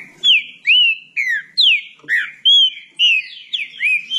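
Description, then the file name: Green-winged saltator singing clear whistled notes, each a swooping slur, in a quick, clean sequence. "canto do trinca ferro"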